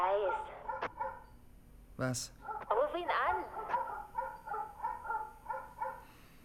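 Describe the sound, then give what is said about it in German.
Fake dog barking played from loudspeakers hidden in hedges: a steady run of sharp, evenly spaced yaps that grows into a rapid rhythmic series, while people speak briefly over the start. “Ich höre die Hunde bellen. Die Hunde sind nicht echt. Er hat Lautsprecher in den Hecken versteckt.”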